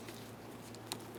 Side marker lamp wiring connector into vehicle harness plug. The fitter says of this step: Slide it in, listen for a click, give it a tug to make sure that it's secured together.